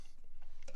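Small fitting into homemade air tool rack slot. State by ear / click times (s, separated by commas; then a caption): not seated / none. A small fitting is test-fit into a slot cut in a homemade scrap-metal air tool rack. Faint scraping and tapping are heard, with two short metallic contacts near 0.6 and 0.7 seconds. The part does not lock into the slot, so nothing has seated or clicked yet, and the slot needs cutting a little more.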